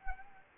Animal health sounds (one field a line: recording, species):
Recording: mosquito wingbeat signal from an infrared sensor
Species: Anopheles arabiensis